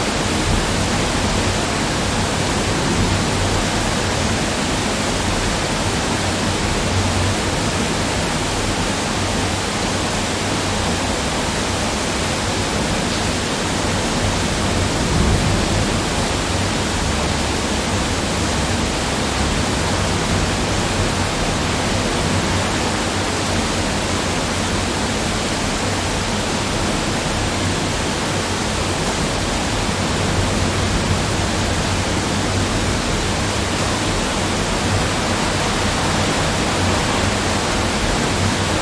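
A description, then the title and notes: Rain heard from a window forms a dense, unbroken hiss that stays level for the whole length, spread evenly from low rumble to bright top. A faint steady hum sits underneath, and no separate drops or other events stand out. Rain From Window Ambience.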